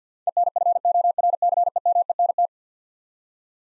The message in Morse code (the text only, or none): ENFORCEMENT